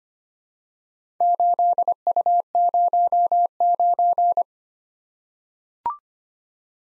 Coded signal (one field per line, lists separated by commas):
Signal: Morse code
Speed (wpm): 25 wpm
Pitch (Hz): 700 Hz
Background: none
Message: 8U09